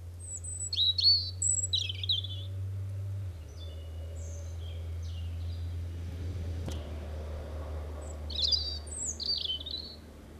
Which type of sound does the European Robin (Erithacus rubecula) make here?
song